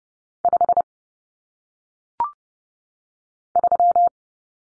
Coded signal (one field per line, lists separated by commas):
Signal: Morse code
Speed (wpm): 30 wpm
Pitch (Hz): 700 Hz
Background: none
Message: 5 3